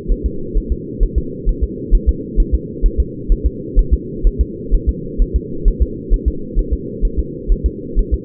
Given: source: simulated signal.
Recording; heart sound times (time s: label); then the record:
fetal heart sounds
0.12 s: S1
0.26 s: S2
0.57 s: S1
0.72 s: S2
1.03 s: S1
1.18 s: S2
1.49 s: S1
1.64 s: S2
1.95 s: S1
2.09 s: S2
2.40 s: S1
2.54 s: S2
2.86 s: S1
3.00 s: S2
3.32 s: S1
3.46 s: S2
3.79 s: S1
3.94 s: S2
4.27 s: S1
4.41 s: S2
4.75 s: S1
4.89 s: S2
5.22 s: S1
5.36 s: S2
5.68 s: S1
5.82 s: S2
6.14 s: S1
6.28 s: S2
6.59 s: S1
6.73 s: S2
7.05 s: S1
7.19 s: S2
7.52 s: S1
7.66 s: S2
7.99 s: S1
8.14 s: S2
From the record:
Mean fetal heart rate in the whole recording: 130 bpm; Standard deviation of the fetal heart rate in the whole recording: 4 bpm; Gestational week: 38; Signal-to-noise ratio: -4.3 dB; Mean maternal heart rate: 72 bpm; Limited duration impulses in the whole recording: absent